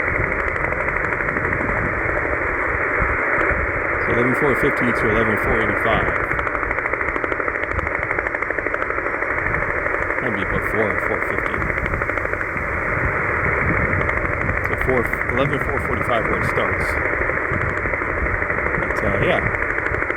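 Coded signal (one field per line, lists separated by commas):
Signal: radar signal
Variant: over-the-horizon radar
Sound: continuous rapid rasping tapping like a woodpecker or machine gun over hiss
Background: radio static, faint voices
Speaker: I'm sure it's just over the horizon radar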